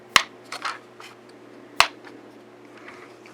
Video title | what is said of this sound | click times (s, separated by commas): War for Cybertron Earthrise Leader Class Optimus Prime | gate i guess and then just split the trailer in half it will actually snap in place | 0.2 s, 1.8 s